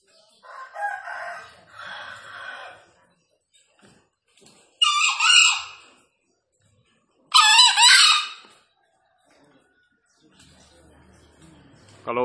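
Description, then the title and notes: Green junglefowl crowing in short bursts: two softer hoarse calls, then two loud, harsh crows a few seconds apart, and a brief start of another. Wild green junglefowl released free, calling vigorously from up in a tree; presented as a junglefowl lure call. "Panggilan Ayam Hutan Liar. Keren Sekali Ayam Hutan Hijau Dilepas Bebas n Bunyi Gacor Diatas Pohon. Pemikat Ayam Hutan"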